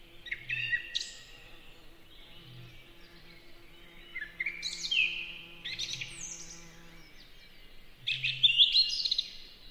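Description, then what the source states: Song thrush delivering varied phrases of clear whistles and sharp notes, with soft low pulses and a faint hum beneath. Beautiful, peaceful, relaxing song in a spring forest.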